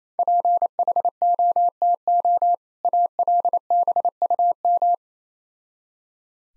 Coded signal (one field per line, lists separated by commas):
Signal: Morse code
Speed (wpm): 27 wpm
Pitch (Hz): 700 Hz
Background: none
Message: PHOTO ALBUM